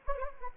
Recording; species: mosquito wingbeat signal from an infrared sensor; Anopheles gambiae